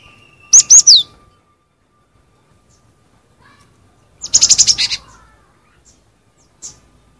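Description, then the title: Cinereous tit: a short burst of three high, sharply downslurred notes, then a rapid series of notes a few seconds later and a single faint note near the end. "suara burung gelatik winko"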